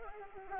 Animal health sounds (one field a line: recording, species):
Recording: mosquito wingbeat signal from an infrared sensor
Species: Anopheles arabiensis